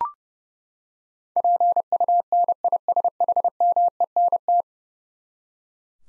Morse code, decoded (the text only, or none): PUNISHMENT